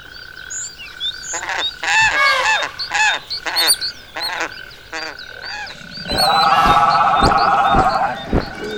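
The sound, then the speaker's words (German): Calls of the giant moa, an extinct bird and the largest bird that ever lived: a run of loud, harsh honking cries in quick bursts, then a denser, warbling chorus of overlapping calls, with a thin steady whistle-like tone running underneath. “Ja, das sind die größten Vögel, die jemals gelebt haben. Sie heißen Moa und sind heute genauso ausgestorben wie zum Beispiel das Riesenfaultier.”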